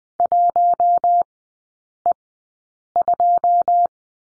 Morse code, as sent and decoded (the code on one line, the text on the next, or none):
.---- . ..---
1E2